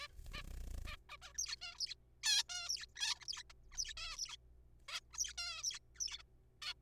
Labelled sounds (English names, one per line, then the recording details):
Zebra Finch
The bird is a juvenile
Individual R3428